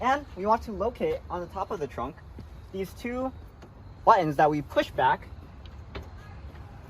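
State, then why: Released. Someone talks while reaching into the trunk of a 2016–2022 10th-gen Honda Civic sedan and pushing back the two release buttons at the top of the trunk to unlatch the rear seatbacks. Two short clicks from the rear seatback release latch are heard at 5.7 s and 6.0 s, and the seatbacks are released.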